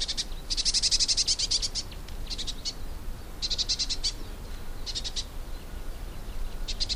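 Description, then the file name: Eurasian blue tit giving quick, harsh churring rattles, one long burst then shorter clusters, while a low steady noise runs underneath. "Cyanistes caeruleus"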